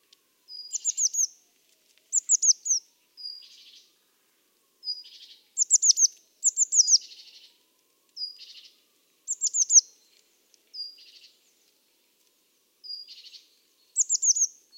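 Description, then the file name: Eurasian blue tit: thin, high descending notes followed by a short buzzy trill, repeated several times with irregular gaps, in otherwise quiet surroundings. "Cyanistes caeruleus"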